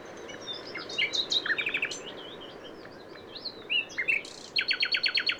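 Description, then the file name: Common nightingale song in several phrases: a scattered fast burst, varied whistles and chirps, then a rapid repeated-note run near the end. "Luscinia megarhynchos"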